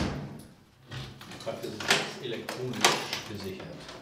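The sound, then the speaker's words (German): The door of a red brick house is unlocked and pushed open: a few sharp metallic clicks and clunks, two louder knocks standing out, with a faint murmur of voices underneath. “schließt die Tür des roten Backsteinhauses auf.”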